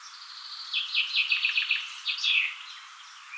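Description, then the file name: Common chaffinch singing a short burst of rapid repeated notes that ends with an emphatic flourish. "Fringilla coelebs"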